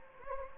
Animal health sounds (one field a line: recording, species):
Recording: mosquito wingbeat signal from an infrared sensor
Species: Anopheles gambiae